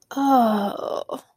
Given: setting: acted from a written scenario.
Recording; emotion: vocal sound without words; pain